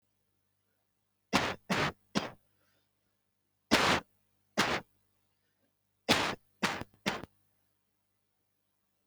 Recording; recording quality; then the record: heavy voluntary cough; excellent, no background noise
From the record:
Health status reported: exposed to COVID-19, no respiratory illness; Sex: male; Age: 22 years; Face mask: not worn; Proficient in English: yes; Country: India